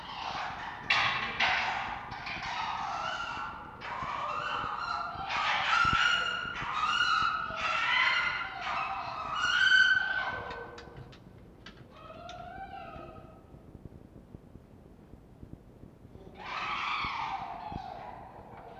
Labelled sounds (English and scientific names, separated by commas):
Red Fox (Vulpes vulpes)